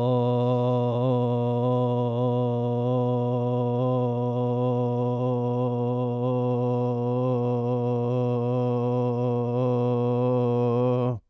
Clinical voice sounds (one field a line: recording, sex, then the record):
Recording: sustained vowel /o/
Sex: male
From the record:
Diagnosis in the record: Parkinson's disease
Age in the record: 72 years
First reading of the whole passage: 118 s, 4.4 characters per second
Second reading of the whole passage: 99 s, 5.2 characters per second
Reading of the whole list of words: 88 s, 3.2 characters per second